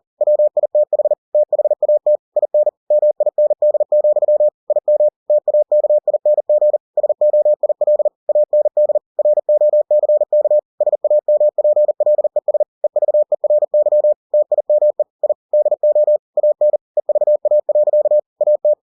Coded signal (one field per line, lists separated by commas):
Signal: Morse code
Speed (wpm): 40 wpm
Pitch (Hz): 600 Hz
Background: none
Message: WITH THAT IN MIND, IM TAKING SOIL AND ROCK SAMPLES EVERY TIME I DO AN EVA. AT